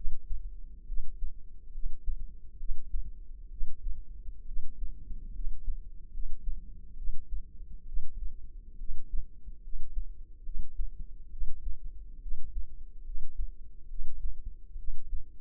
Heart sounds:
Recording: heart sounds by microphone in the left ear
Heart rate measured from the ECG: 69 bpm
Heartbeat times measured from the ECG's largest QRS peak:
0.86 s: heartbeat
1.72 s: heartbeat
2.58 s: heartbeat
3.50 s: heartbeat
4.46 s: heartbeat
5.33 s: heartbeat
6.12 s: heartbeat
6.96 s: heartbeat
7.86 s: heartbeat
8.78 s: heartbeat
9.62 s: heartbeat
10.43 s: heartbeat
11.30 s: heartbeat
12.20 s: heartbeat
13.04 s: heartbeat
13.88 s: heartbeat
14.77 s: heartbeat
From the record:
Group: healthy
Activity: rest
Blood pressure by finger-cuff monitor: 111/73 mmHg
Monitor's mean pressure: 85 mmHg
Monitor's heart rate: 69 bpm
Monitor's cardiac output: 5.5 L/min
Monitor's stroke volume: 80 mL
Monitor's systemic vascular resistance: 1130 dyn s/cm5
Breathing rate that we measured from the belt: 15 breaths a minute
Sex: female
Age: 22 years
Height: 160 cm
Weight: 45 kg

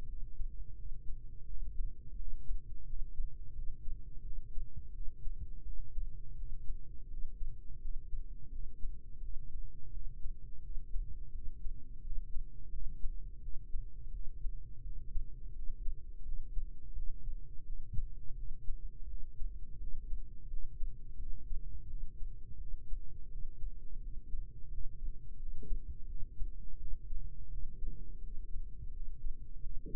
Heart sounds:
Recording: heart sounds by microphone in the right ear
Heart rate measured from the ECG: 85 bpm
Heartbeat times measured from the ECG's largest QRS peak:
0.06 s: heartbeat
0.76 s: heartbeat
1.46 s: heartbeat
2.16 s: heartbeat
2.85 s: heartbeat
3.53 s: heartbeat
4.23 s: heartbeat
4.92 s: heartbeat
5.63 s: heartbeat
6.35 s: heartbeat
7.08 s: heartbeat
7.79 s: heartbeat
8.50 s: heartbeat
9.20 s: heartbeat
9.91 s: heartbeat
10.61 s: heartbeat
11.32 s: heartbeat
12.01 s: heartbeat
12.70 s: heartbeat
13.40 s: heartbeat
14.11 s: heartbeat
14.82 s: heartbeat
15.53 s: heartbeat
16.23 s: heartbeat
16.94 s: heartbeat
17.64 s: heartbeat
18.35 s: heartbeat
19.07 s: heartbeat
19.78 s: heartbeat
20.48 s: heartbeat
21.17 s: heartbeat
21.87 s: heartbeat
22.58 s: heartbeat
23.29 s: heartbeat
24.00 s: heartbeat
24.69 s: heartbeat
25.37 s: heartbeat
26.07 s: heartbeat
26.78 s: heartbeat
27.49 s: heartbeat
28.21 s: heartbeat
28.91 s: heartbeat
29.61 s: heartbeat
From the record:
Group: healthy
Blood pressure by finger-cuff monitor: 106/76 mmHg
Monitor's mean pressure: 88 mmHg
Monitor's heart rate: 86 bpm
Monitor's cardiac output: 4.8 L/min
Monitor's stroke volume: 56 mL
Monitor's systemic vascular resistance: 1340 dyn s/cm5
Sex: female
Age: 51 years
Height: 162 cm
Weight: 70.04 kg

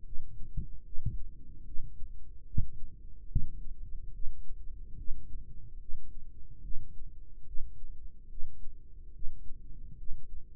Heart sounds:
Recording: heart sounds by microphone in the right ear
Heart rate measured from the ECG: 73 bpm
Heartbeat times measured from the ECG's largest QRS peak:
0.05 s: heartbeat
0.85 s: heartbeat
1.66 s: heartbeat
2.47 s: heartbeat
3.30 s: heartbeat
4.14 s: heartbeat
4.98 s: heartbeat
5.80 s: heartbeat
6.63 s: heartbeat
7.46 s: heartbeat
8.30 s: heartbeat
9.14 s: heartbeat
9.98 s: heartbeat
From the record:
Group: healthy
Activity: rest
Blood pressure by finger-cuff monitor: 105/71 mmHg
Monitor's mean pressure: 81 mmHg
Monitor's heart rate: 74 bpm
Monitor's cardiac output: 3.5 L/min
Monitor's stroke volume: 47 mL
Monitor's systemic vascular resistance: 1680 dyn s/cm5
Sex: male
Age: 55 years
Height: 167 cm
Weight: 57.2 kg

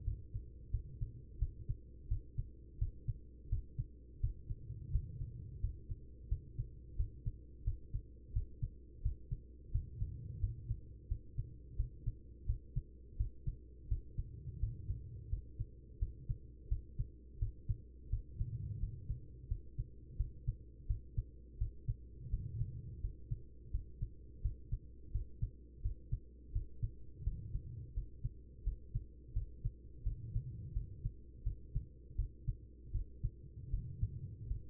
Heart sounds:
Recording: heart sounds by stethoscope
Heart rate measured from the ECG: 85 bpm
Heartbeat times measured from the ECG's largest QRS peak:
0.04 s: heartbeat
0.70 s: heartbeat
1.38 s: heartbeat
2.08 s: heartbeat
2.78 s: heartbeat
3.49 s: heartbeat
4.20 s: heartbeat
4.91 s: heartbeat
5.60 s: heartbeat
6.28 s: heartbeat
6.96 s: heartbeat
7.63 s: heartbeat
8.32 s: heartbeat
9.01 s: heartbeat
9.71 s: heartbeat
10.39 s: heartbeat
11.07 s: heartbeat
11.75 s: heartbeat
12.45 s: heartbeat
13.16 s: heartbeat
13.87 s: heartbeat
14.59 s: heartbeat
15.29 s: heartbeat
15.98 s: heartbeat
16.68 s: heartbeat
17.38 s: heartbeat
18.09 s: heartbeat
18.79 s: heartbeat
19.47 s: heartbeat
20.16 s: heartbeat
20.86 s: heartbeat
21.57 s: heartbeat
22.29 s: heartbeat
23.00 s: heartbeat
23.70 s: heartbeat
24.41 s: heartbeat
25.11 s: heartbeat
25.81 s: heartbeat
26.52 s: heartbeat
27.23 s: heartbeat
27.93 s: heartbeat
28.63 s: heartbeat
29.33 s: heartbeat
30.03 s: heartbeat
30.73 s: heartbeat
31.43 s: heartbeat
32.15 s: heartbeat
32.91 s: heartbeat
33.70 s: heartbeat
34.47 s: heartbeat
From the record:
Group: healthy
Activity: rest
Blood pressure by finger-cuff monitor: 122/78 mmHg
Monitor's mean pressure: 91 mmHg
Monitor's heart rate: 86 bpm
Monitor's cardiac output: 6 L/min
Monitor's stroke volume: 69 mL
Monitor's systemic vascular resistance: 1120 dyn s/cm5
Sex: female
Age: 43 years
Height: 160 cm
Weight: 90 kg

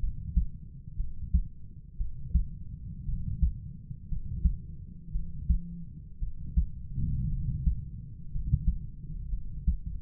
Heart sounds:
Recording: heart sounds by stethoscope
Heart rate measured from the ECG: 58 bpm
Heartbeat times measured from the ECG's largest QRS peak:
0.97 s: heartbeat
1.97 s: heartbeat
3.06 s: heartbeat
4.09 s: heartbeat
5.12 s: heartbeat
6.20 s: heartbeat
7.30 s: heartbeat
8.31 s: heartbeat
9.30 s: heartbeat
From the record:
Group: healthy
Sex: male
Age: 25 years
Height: 170 cm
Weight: 70.4 kg

